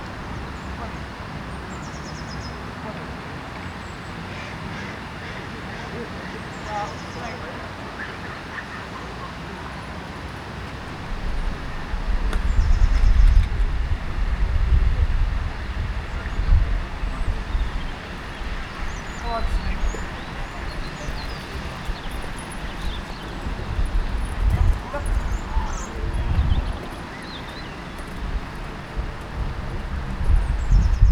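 A fountain sprays water high into the air in the distance, a steady hiss running through the whole clip, while children play. Their voices come through as scattered calls and shouts. From about eleven seconds a low rumble swells in and out, growing louder.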